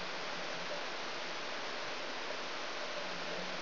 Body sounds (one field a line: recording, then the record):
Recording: brain microelectrode recording played as sound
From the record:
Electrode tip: outside the subthalamic nucleus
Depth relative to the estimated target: 2 mm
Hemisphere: left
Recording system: AlphaMap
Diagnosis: Parkinson's disease